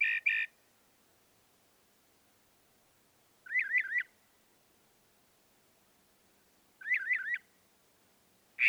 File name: Northern Mockingbird